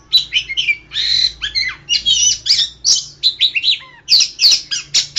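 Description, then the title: Oriental magpie-robin singing a rapid, varied run of harsh squawky notes and sweet whistles with a few slurred downward notes, nearly continuous throughout. "Kacer"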